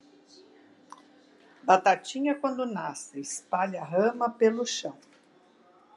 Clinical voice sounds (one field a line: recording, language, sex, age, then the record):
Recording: short text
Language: Brazilian Portuguese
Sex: female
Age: 60 to 69 years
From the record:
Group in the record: control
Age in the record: 64 years